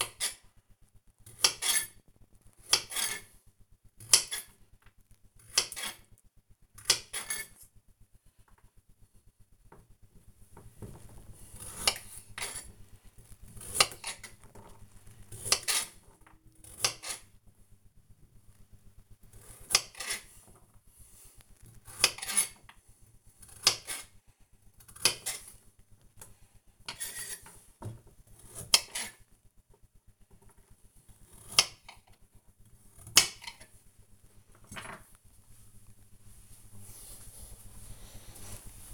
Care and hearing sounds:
household activities, microphone on the right wrist
0.00-33.83 s: cutting vegetables

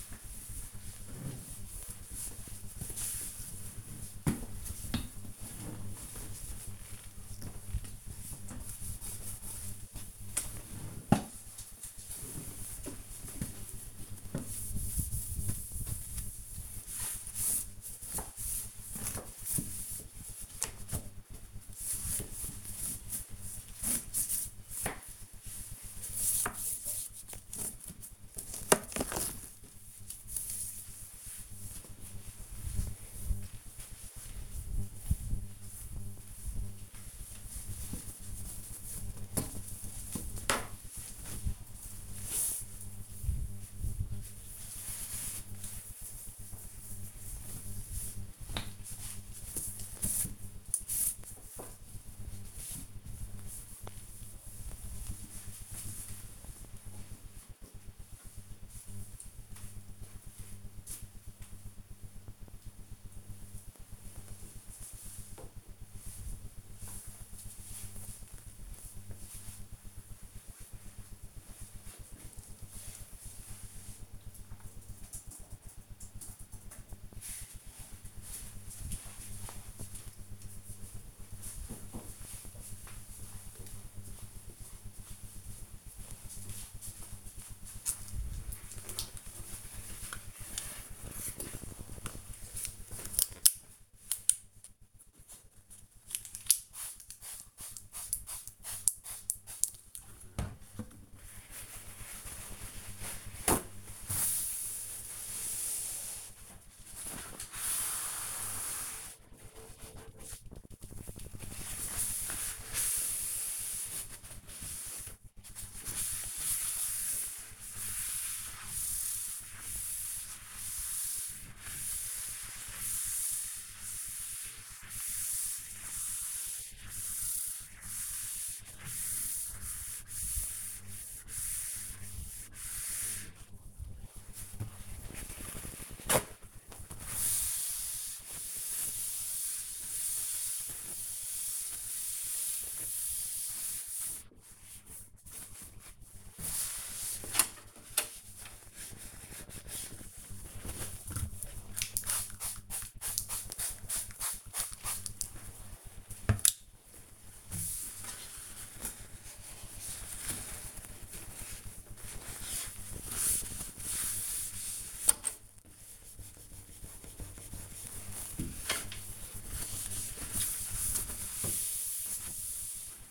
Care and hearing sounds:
household activities, microphone on the right wrist
0.00-57.16 s: dusting furniture
94.35-173.11 s: cleaning door

